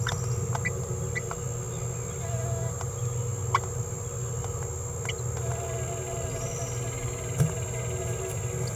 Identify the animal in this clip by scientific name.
Forpus passerinus